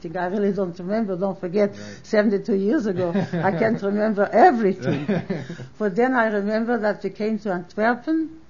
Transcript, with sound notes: I really don't remember. Don't forget, seventy-two years ago, I can't remember everything. [Laughs] But then I remember that we came to Antwerpen,